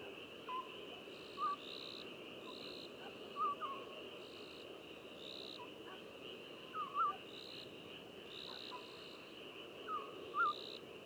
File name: Cyprus Scops Owl Hooting of male then soliciting calls hooting of female